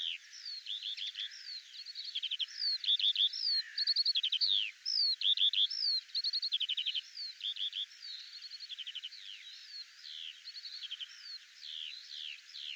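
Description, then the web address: Bird song of clustered chirp groups and short stuttering trills, alternating with brief sweeping whistles at a lively, uneven pace. "birddata Deverinetal 2025 Bird"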